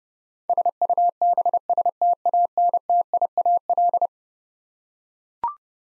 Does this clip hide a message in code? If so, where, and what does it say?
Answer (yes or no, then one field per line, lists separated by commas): yes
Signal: Morse code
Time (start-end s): 0.5-4.1 s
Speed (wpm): 31 wpm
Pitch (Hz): 700 Hz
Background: none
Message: SUBSTANTIAL